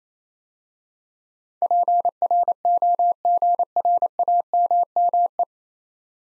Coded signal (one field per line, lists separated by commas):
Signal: Morse code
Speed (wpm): 29 wpm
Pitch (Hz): 700 Hz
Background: none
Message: PROGRAMME